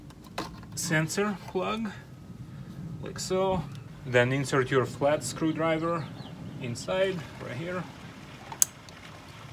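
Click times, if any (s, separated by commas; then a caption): 8.6 s. Someone talks while a flat screwdriver is inserted into the plastic housing of the wiring plug on the engine speed (crankshaft) sensor of an Audi or Volkswagen 1.8T to unlock and separate the connector. At 8.6 s a sharp click is heard as the latch lets go, and the plug is released.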